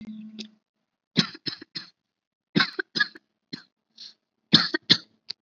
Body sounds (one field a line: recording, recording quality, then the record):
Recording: heavy voluntary cough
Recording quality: poor, much background noise or distortion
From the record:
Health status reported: COVID-19 positive, no symptoms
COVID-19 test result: positive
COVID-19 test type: RT-PCR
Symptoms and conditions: cold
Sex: female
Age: 20 years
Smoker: no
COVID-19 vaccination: both doses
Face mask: not worn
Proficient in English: yes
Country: India